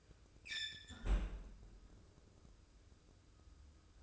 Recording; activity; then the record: daily activity, microphone in the room; close fridge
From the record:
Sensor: 2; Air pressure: 995.2 hPa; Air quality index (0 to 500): 64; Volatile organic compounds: 2 ppm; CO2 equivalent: 1082 ppm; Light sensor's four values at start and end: 17/55/21/21 and 17/55/21/21